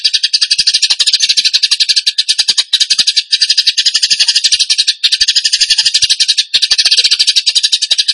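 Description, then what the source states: Bird song, a dense, rattling, high-pitched chatter of very rapid pulses, running on almost without pause with brief breaks. Masteran (training recording) of bird song in the tembakan gacor style.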